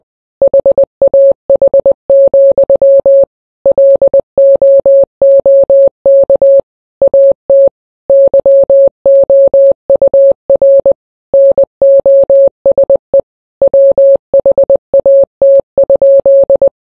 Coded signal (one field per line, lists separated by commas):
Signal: Morse code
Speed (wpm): 20 wpm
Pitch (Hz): 550 Hz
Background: none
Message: HAH, LOOK AT YOUR NOSE WHAT?